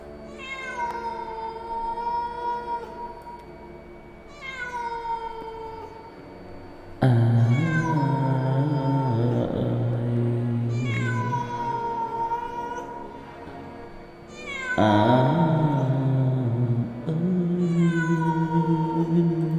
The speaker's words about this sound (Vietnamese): Đâu đó tiếng mèo kêu, tiếng em bé khóc trong đêm, nghe cứ não nề vô cùng. Thỉnh thoảng người ta còn nghe cả tiếng người ru con, tiếng di dỉ khóc ai oán trong cái tiếng con mèo kêu lên thảm thiết.